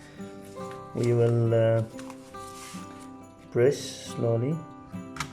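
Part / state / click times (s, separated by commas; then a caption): CPU cooler push pin into motherboard mounting hole / not seated / none. A CPU cooler's plastic push pins are being pressed by hand into the motherboard mounting holes, one corner at a time in diagonally opposite order, while music plays and someone talks. The clip ends just before the pin goes home, so nothing has seated or clicked yet.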